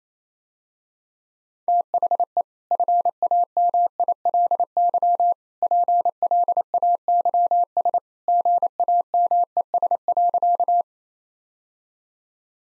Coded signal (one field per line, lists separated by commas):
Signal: Morse code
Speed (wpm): 28 wpm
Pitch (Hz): 700 Hz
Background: none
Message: THE FAMILY PLAYS GAMES.